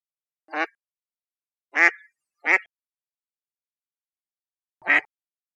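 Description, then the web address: Mallard giving loud nasal quacks, three in quick succession then a single quack after a gap of over two seconds, in otherwise silent surroundings. "birdfinder"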